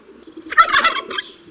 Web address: Le dindon. un jour a la ferme